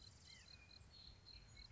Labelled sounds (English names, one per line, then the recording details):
White-breasted Nuthatch
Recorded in Sonoma County, California